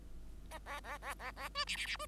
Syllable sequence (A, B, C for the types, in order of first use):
A A A A A A B C C C B